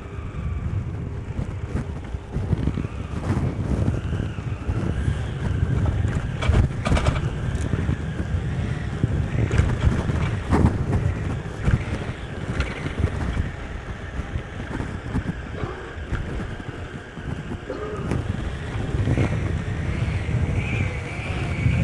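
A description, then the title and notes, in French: A few minutes of cycling through the streets of Bordeaux: a steady, dense rumble of rolling and wind noise fills the whole stretch. Frequent short clicks and knocks break through, with a few brighter tonal squeaks or whines around 12 and 19 seconds. Vélocypédie nocturnale. Janvier 2009, quelques minutes de vélo dans les rues de Bordeaux.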